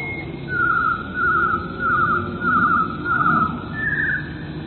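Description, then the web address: Eurasian blue tit singing a short whistle followed by five trilled phrases and a slightly higher final trill, with steady low rumble behind. "wroblowe teka 4 spiew 38. modraszkoteka"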